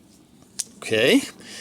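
A handmade DKC-58-LJ Little Jay lockback hunting pocket folding knife is closed by pressing its back lock so the Damascus steel blade folds into its white bone and steel handle with brass pins and a steel liner and spine. A single sharp snap at 0.6 s marks the blade snapping shut, seated in the handle. Someone then talks briefly.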